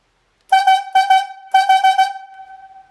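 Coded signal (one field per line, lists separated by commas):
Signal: whistle signal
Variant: logging yarder whistle signals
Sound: short horn toots in three groups: two, two, then four, then fading echo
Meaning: Slack the haul back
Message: 2-2-4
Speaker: slack the haul back, 2, 2, and 4.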